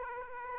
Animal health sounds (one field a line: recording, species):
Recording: mosquito wingbeat signal from an infrared sensor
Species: Aedes aegypti